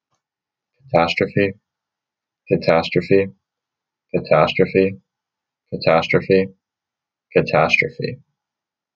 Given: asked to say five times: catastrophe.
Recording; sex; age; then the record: repeated word; male; 20 to 29 years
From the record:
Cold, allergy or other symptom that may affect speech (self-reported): no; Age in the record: 20 years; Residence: Florida, United States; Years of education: 15